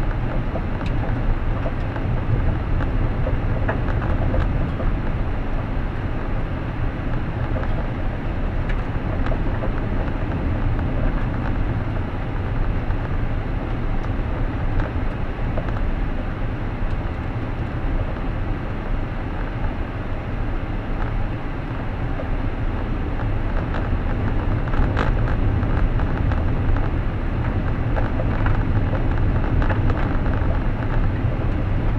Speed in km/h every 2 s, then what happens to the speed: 55, 55, 55, 54, 54, 56, 55, 55, 55, 56, 57, 57, 57, 61, 61, 61.
0-32 steady at about 55.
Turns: none.